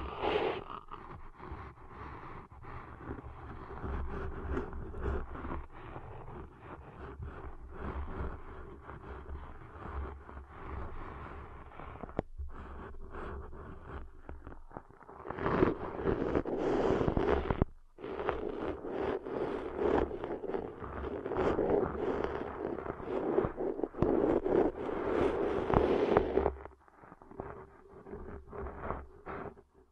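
Deep ear cleaning sounds: a steady, dense scratching and rustling over a low, muffled rumble. Brief pauses fall around 12 and 18 seconds, and from about 15 to 26 seconds the scraping grows louder and brighter before easing back to a softer rustle.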